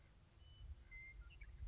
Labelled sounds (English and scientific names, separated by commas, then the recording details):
Western Meadowlark (Sturnella neglecta)
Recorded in Sonoma County, California